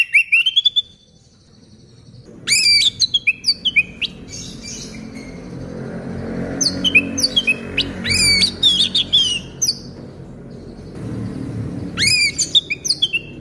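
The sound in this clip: Orange-headed thrush song in bursts of sharp chirps and twisting whistled notes, separated by short pauses, over a low background rumble.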